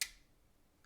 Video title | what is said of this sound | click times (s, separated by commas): How To Replace 2019 - 2023 Mazda 3 Key Fob Battery - Change Replacement Mazda 3 Remote Batteries DIY | And then it slides down just a little bit into place and locks into place. Like | 0.0 s